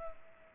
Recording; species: mosquito wingbeat signal from an infrared sensor; Culex pipiens